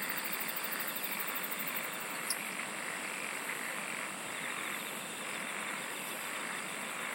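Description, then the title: Continuous shrill insect drone with a faint fast pulsing and one brief click, against a broad steady hiss. "SINGING OF INSECTS"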